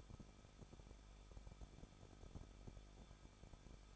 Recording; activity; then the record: daily activity, microphone in the room; no activity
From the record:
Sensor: 5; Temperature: 20.8 degrees Celsius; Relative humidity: 38.4%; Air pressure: 1006.5 hPa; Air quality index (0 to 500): 191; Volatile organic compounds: 20 ppm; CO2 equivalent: 2701 ppm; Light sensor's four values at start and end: 2/3/1/1 and 2/3/1/1